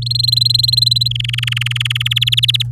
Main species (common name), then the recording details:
Domestic Canary. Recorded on 8 May 2018 at 15:41. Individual llb16